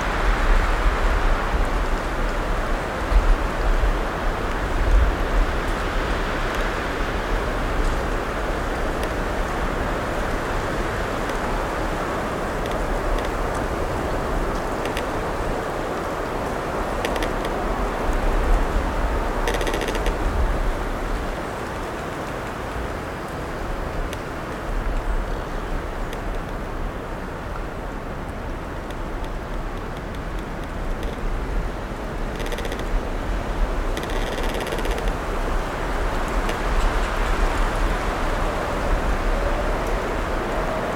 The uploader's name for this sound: Wind Blowing in a European Primeval Forest